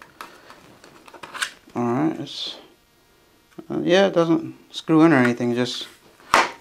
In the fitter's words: clicks into place right here that's sufficient now you're putting on the pedals and